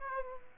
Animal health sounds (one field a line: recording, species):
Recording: mosquito wingbeat signal from an infrared sensor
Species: Aedes aegypti